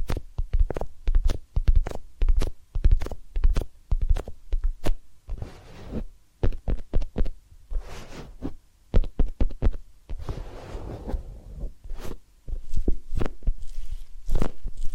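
Massage and ear-cleaning sounds made of quick soft taps and thumps, at first in a fast, fairly regular pattern. Around the middle the tapping loosens and gives way to softer rubbing and brushing, then sharper taps return in uneven bursts toward the end.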